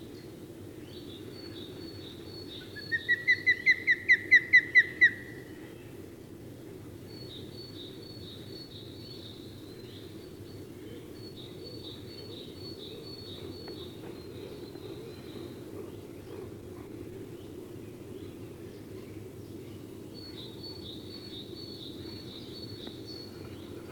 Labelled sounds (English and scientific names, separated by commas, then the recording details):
Osprey (Pandion haliaetus) call
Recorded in the wild
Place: Kuchelmiß, Mecklenburg-Vorpommern, DE
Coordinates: 53.667, 12.347
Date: 1980-04-29
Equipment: Nagra III BH, Sennheiser MD 21, parabola
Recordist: Schubert, Michael